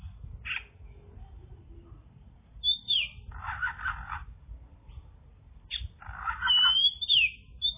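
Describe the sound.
Bird sounds: harsh raspy bursts mixed with sharp high whistles, over a steady low background rumble.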